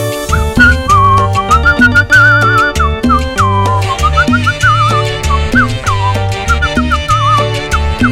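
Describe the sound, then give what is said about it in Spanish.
A person whistles a wavering, high melody over a lively band with a steady, bouncing bass line and regular percussion hits, the whistled tune weaving on top throughout. “Y que chifla usted, ¿eh?”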